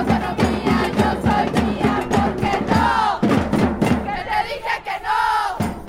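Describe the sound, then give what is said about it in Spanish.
A crowd of women on a march chants slogans in loud unison over a steady pounding batucada drum beat, their voices rising and falling rhythmically with brief pauses between phrases. “Juntas caminaron mientras gritaban consignas.”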